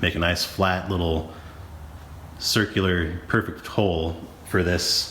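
A European soft-close hinge cup is being handled next to a round, flat-bottomed hole bored with a Forstner bit in a cedar cabinet door, and someone talks throughout. No knock or click is heard, and nothing has seated yet.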